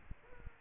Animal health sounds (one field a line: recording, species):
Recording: mosquito wingbeat signal from an infrared sensor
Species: Aedes aegypti